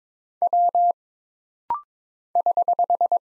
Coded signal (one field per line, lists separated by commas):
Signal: Morse code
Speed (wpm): 22 wpm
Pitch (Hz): 700 Hz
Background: none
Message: W <HH>